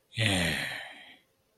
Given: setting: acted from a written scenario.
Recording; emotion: vocal sound without words; pride